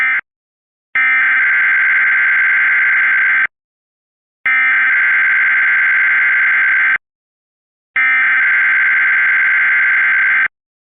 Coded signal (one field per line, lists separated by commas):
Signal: Emergency Alert System (SAME) tones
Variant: header bursts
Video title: All EAS Blue Alerts in WXRchive (DEADLY ALERTS!) EAS #83 - EAS #93